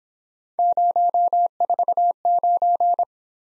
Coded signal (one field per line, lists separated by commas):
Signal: Morse code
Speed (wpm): 26 wpm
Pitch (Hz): 700 Hz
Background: none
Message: 049